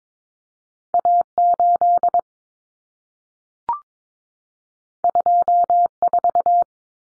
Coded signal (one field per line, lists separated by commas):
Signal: Morse code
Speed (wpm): 22 wpm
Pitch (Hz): 700 Hz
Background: none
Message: A8 24